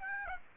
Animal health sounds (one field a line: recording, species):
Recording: mosquito wingbeat signal from an infrared sensor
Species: Aedes aegypti